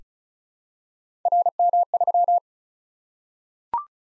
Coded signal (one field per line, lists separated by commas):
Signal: Morse code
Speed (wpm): 36 wpm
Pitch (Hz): 700 Hz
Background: none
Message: RM3